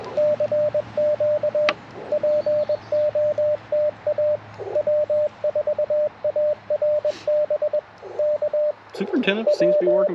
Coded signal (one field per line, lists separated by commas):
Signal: Morse code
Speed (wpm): 21 wpm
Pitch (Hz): 600 Hz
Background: speech, radio noise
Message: CQ POTA W4ARB K W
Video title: Morning Morse Code - 05/01/2025